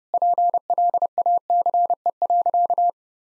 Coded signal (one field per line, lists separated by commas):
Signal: Morse code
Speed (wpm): 30 wpm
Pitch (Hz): 700 Hz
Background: none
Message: PLACE.